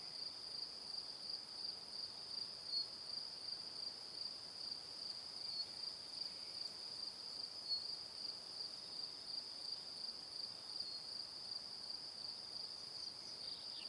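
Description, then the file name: Cricket, a continuous high trill running unbroken over quiet evening ambience. "Calm - Evening Crickets"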